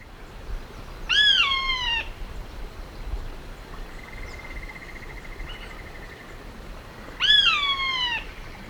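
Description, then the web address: Blackish rail giving two loud, harmonic squeals that slide downward, about six seconds apart, with a steady buzzy tone between them. Recorded in Ecuador, South America. "Birds of Ecuador. Blackish Rail"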